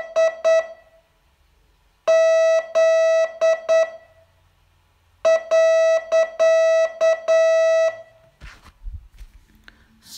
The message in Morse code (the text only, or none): I Z .